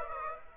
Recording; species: mosquito wingbeat signal from an infrared sensor; Aedes aegypti